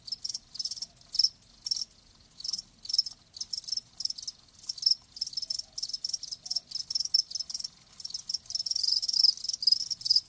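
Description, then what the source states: Crickets chirping in quick high trills, the rhythm growing denser toward the end until the sound becomes nearly continuous. Live crickets chirping with a lulling song.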